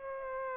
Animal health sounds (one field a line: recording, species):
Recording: mosquito wingbeat signal from an infrared sensor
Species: Aedes aegypti